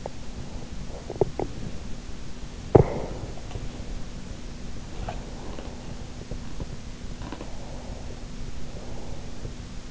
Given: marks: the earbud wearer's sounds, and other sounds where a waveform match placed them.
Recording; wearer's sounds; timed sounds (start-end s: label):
sounds in sleep by an in-ear microphone; teeth grinding, breath
0.00-1.51 s: teeth grinding
2.72-3.53 s: teeth grinding
3.53-7.59 s: sound from someone else or the room
7.59-9.50 s: breath